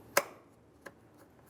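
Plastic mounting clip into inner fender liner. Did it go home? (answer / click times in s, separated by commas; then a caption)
yes / 0.2 s. A plastic mounting clip is slid into position on the front inner fender liner of a 2003-2011 Mercury Grand Marquis, with its protruding side facing down toward the wheel. It snaps in with a sharp, bright click at 0.2 s, followed by a quieter tick at 0.9 s and faint ticks after. The clip is seated and secured.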